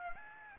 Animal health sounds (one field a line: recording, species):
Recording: mosquito wingbeat signal from an infrared sensor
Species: Aedes aegypti